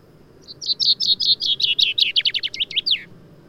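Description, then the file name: Common chaffinch delivering a single complete song, a run of clear repeated notes that descend in steps and finish with an emphatic downslurred flourish. "Fringilla coelebs"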